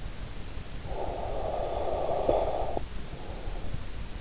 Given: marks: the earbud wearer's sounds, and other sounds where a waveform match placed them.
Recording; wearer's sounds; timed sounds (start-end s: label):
sounds in sleep by an in-ear microphone; snoring breath
0.67-3.96 s: snoring breath